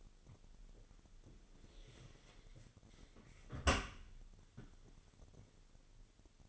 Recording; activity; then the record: daily activity, microphone in the room; close dishwasher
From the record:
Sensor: 4